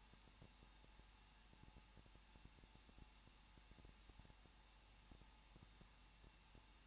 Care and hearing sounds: daily activity, microphone in the room; no activity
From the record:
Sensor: 1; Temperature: 20.1 degrees Celsius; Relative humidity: 39.1%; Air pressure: 1006.5 hPa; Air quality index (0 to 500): 216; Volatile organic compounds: 73 ppm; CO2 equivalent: 3545 ppm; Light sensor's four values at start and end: 1/2/1/1 and 1/2/1/1

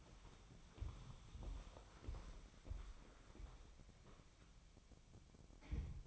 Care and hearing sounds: daily activity, microphone in the room; walk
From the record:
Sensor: 1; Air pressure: 1015.4 hPa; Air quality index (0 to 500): 128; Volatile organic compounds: 5 ppm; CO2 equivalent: 1754 ppm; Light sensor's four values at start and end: 12/30/12/14 and 13/32/13/14

